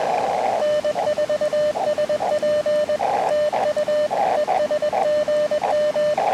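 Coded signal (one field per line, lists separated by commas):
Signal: Morse code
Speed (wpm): 20 wpm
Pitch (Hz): 600 Hz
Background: radio noise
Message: N4SP TU ES GM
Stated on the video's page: CW POTA activation of a new park on Puerto Rico's north coast, using an Elecraft KX2 and Sidewinder antenna.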